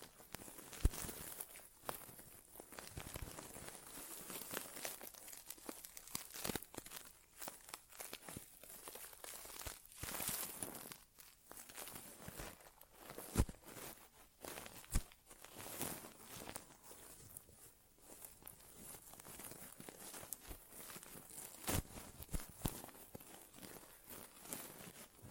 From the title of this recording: ASMR Inner Ear Exam (No Talking)